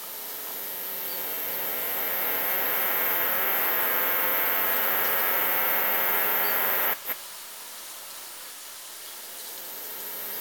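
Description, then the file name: Cicada song: a sustained, unbroken buzzing hiss that builds slightly and runs about seven seconds, ending suddenly, followed by soft background noise. "brevipennis"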